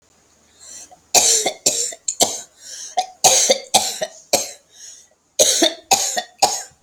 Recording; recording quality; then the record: heavy voluntary cough; excellent, no background noise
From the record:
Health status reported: healthy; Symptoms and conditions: none ticked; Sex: female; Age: 60 years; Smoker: not ticked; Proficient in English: yes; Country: India